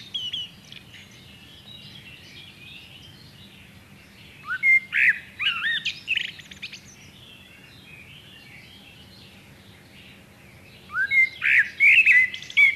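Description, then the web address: Common blackbird singing two strophes of warbled whistles and thin, high squeaky notes, separated by a long quiet gap. "chant xeno-canto merle noir"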